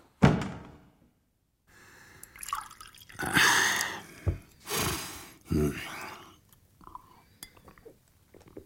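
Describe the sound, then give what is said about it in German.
A drink is poured into a glass in several uneven, splashing bursts, following a sharp opening clink, with faint drips and small glassy knocks between pours. “Oh, gieß dir auch ein Glas ein”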